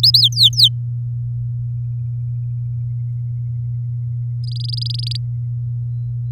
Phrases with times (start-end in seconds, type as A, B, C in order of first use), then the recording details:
0.03-0.19 A, 0.20-0.69 B, 4.44-5.17 C. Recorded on 9 May 2018 at 06:31. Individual llb16